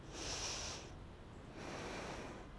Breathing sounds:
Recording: one breath in and out by a microphone near the nose and mouth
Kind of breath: deep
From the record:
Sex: female

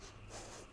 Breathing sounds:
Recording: one breath in and out by a microphone near the nose and mouth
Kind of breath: strong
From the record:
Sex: female

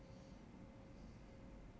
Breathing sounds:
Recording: one breath in and out by a microphone near the nose and mouth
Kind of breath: normal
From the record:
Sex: male

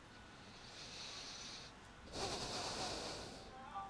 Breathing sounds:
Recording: one breath in and out by a microphone near the nose and mouth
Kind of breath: deep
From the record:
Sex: male

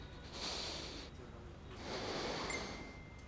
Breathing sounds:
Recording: one breath in and out by a microphone near the nose and mouth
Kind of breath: deep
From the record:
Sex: male

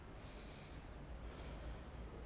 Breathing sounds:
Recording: one breath in and out by a microphone near the nose and mouth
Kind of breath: deep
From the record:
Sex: male

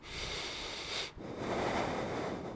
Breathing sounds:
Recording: one breath in and out by a microphone near the nose and mouth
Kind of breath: deep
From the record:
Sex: male

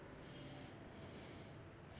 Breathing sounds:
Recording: one breath in and out by a microphone near the nose and mouth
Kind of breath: normal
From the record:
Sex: male

